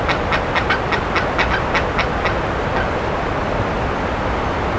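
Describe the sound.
Bird uttering a brief run of short, harsh notes that fades after a couple of seconds, leaving only steady background hiss.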